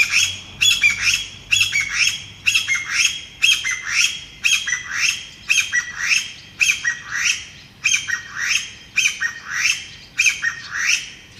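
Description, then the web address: Chinese bamboo partridge giving a fast, insistent series of harsh rising phrases, repeated steadily throughout with barely a pause. "sikioto birds kojyukei"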